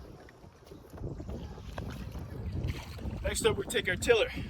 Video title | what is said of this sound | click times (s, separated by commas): How to rig GRYC lasers (2026) | until you hear a click of this little leaf spring holding it down. | 1.8 s